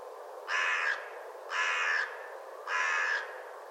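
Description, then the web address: Bird calling three times, each a rough, grating caw of roughly half a second, evenly spaced about a second apart above constant background hiss. "cianscape. Deverinetal 2025. Bird Only"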